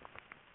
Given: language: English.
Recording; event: throat vibration sensor signal played as sound; swallow